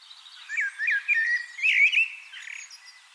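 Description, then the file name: Common blackbird song: one continuous warbling phrase of looping, fluty notes that rises in strength and then fades into faint twitters. "Turdus merula"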